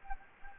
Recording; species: mosquito wingbeat signal from an infrared sensor; Anopheles gambiae